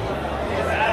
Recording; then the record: background sound without coughing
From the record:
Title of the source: CITY SOUNDS Busy Bar in the Evening Night - 2 HOURS of Ambiance for Relaxation